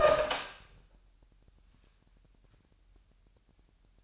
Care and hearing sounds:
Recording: daily activity, microphone in the room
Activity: open door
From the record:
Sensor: 2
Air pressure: 998.3 hPa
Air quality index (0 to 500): 138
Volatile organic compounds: 4 ppm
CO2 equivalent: 1568 ppm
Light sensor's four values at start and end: 12/35/14/14 and 12/35/14/14

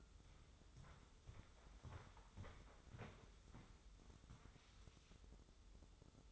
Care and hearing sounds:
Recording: daily activity, microphone in the room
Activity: walk to room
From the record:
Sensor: 3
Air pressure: 995.6 hPa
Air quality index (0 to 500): 86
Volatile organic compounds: 8 ppm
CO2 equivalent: 2088 ppm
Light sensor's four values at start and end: 27/82/34/30 and 27/82/34/30

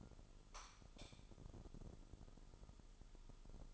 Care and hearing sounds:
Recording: daily activity, microphone in the room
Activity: light on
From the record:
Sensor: 5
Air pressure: 988.5 hPa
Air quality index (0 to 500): 216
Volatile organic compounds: 116 ppm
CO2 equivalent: 3853 ppm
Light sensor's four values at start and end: 43/130/51/54 and 45/135/52/56

